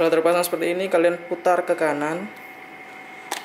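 An interchangeable lens is being fitted and turned clockwise in a camera body's bayonet mount while someone talks for most of the clip. After the talking stops, there is a quiet stretch with a faint steady tone and a brief soft noise near 3.3 s. The lens has not yet seated or clicked into the mount.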